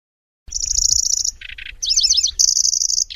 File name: suara kicauan burung kecici belalang. omkicau